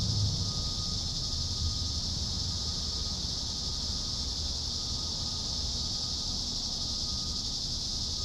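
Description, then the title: Cicadas keep up an even, high-pitched buzzing drone without pauses, accompanied by a faint low background rumble. "neoscenes: cicadas"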